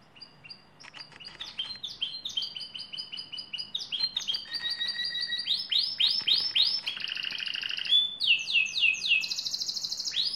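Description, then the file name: Lizard canary song, quick chips leading into fast rolling trills and repeated downward sweeps, ending in a bright high buzzy trill. "canto do canario lizard"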